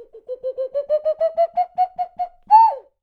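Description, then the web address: Bird calling with a series of hollow hooting notes that climb gradually in pitch, then one louder note that rises and slurs down. Jungle bird call. "Voice Crystal - Steve Reid Definitive Percussion BIRD CALLS"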